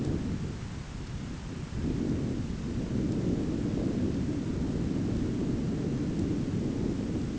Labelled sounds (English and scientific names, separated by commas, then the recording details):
none
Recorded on Arctic tundra, site ZACK-1, on 15 June 2019
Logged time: 19:49